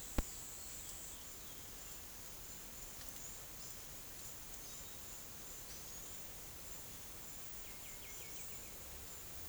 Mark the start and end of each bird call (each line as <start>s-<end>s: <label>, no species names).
0.00s-1.73s: bird call
2.92s-8.87s: bird call